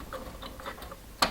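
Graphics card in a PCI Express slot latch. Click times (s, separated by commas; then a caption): 1.2 s. A finger presses the plastic retention tab on a motherboard's PCI Express slot to free a graphics card, which is then pulled out. Faint ticks sound over low background noise before a sharp click at 1.2 s as the latch releases.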